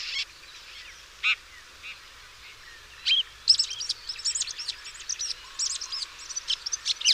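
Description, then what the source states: Bird song: a few scattered notes, then fast, varied twittering through the second half. Chirping bird song meant for training pet birds.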